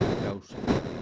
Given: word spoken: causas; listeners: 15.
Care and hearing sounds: one Spanish word in noise, from a listening test; noise modulated by one talker; -9.8 dB; 0 of 15; 9 of 15; 0.63 s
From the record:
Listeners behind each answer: 9, 2, 1, 1, 1, 1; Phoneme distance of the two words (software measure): 7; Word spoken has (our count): 2 syllables, 6 phonemes, stress on syllable 1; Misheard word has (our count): 2 syllables, 5 phonemes, stress on syllable 1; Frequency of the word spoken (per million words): 61.23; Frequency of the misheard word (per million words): 152.61

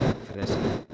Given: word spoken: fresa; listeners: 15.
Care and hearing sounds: one Spanish word in noise, from a listening test; noise modulated by one talker; -10.3 dB; 2 of 15; 6 of 15; 0.54 s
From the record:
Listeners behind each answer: 6, 2, 2, 1, 1, 1, 1, 1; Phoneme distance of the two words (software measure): 7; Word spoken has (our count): 2 syllables, 5 phonemes, stress on syllable 1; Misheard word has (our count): 2 syllables, 6 phonemes, stress on syllable 1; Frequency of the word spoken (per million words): 2.99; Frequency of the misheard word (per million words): 14.26

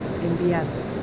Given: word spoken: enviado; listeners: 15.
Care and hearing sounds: one Spanish word in noise, from a listening test; speech-shaped noise; 2.8 dB; 1 of 15; 11 of 15; 0.63 s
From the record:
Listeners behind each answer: 11, 1, 1, 1, 1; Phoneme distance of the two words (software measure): 17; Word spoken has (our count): 3 syllables, 7 phonemes, stress on syllable 2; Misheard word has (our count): 2 syllables, 6 phonemes, stress on syllable 2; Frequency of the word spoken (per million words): 37.78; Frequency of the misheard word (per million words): 20.98

